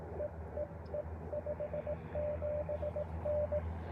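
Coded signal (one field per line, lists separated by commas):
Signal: Morse code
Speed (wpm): 19 wpm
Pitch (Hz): 600 Hz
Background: radio noise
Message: EEE 57N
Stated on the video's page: Parks on the Air CW activation on Icom IC-705 with AlexLoop magnetic loop and BaMaKeY TP-III paddles; sidetone sounds warbly at times.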